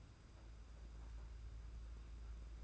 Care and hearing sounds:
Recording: daily activity, microphone in the room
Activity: take from stove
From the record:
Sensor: 2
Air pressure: 991.8 hPa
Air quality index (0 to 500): 232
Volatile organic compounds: 1000 ppm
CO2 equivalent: 7784 ppm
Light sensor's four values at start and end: 19/59/23/21 and 19/59/23/21

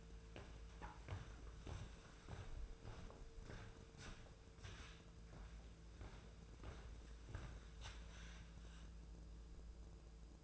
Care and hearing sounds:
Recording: daily activity, microphone in the room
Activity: walk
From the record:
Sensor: 2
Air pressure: 1005.4 hPa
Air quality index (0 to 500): 101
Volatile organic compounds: 2 ppm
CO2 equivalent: 1231 ppm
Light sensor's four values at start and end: 9/20/8/8 and 7/15/7/7

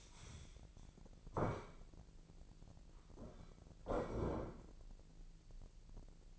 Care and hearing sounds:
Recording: daily activity, microphone in the room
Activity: stand up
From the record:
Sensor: 5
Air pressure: 1001.9 hPa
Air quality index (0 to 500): 245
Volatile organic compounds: 29 ppm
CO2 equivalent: 2940 ppm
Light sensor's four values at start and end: 45/107/44/48 and 45/107/44/48

